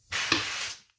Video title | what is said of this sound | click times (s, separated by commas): Starion Conquest Front Brake Rebuild (SQC) | I heard it pop. | 0.3 s